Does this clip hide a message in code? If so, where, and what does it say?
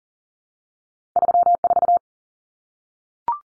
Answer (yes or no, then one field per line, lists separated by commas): yes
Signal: Morse code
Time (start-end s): 1.2-2.0 s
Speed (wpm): 40 wpm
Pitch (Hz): 700 Hz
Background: none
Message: 34